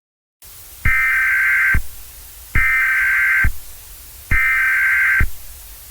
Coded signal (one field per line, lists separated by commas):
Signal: Emergency Alert System (SAME) tones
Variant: header bursts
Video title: Eas Scenario #5 Washington Tornado outbreak